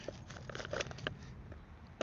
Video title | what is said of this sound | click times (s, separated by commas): Building a Sandbox | We ain't get the click yet. | none